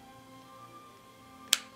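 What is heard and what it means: A second plastic toy wheel is pushed onto the other side of a toy carriage's axle. It seats with a single sharp, bright snap at 1.5 s over a quiet, steady tonal background. The wheel is confirmed seated.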